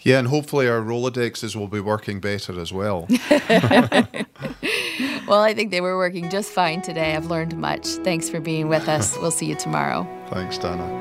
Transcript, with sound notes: And hopefully our Rolodexes will be working better as well. (laughter)
Well, I think they were working just fine today. I’ve learned much. Thanks for being with us. We’ll see you tomorrow.
Thanks, Dannah.